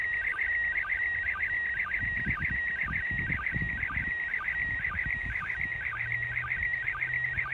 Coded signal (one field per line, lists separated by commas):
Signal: SSTV (slow-scan television)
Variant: PD 120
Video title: Saturday SSTV ARISS Using A HT And Arrow Antenna